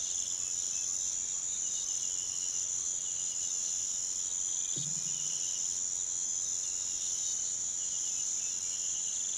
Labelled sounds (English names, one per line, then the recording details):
none
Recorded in pastures near Puerto Asís, Putumayo, Colombia, on 23 June 2025 at 05:30
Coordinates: 0.486, -76.323
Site H29